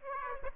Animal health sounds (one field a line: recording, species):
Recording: mosquito wingbeat signal from an infrared sensor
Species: Aedes aegypti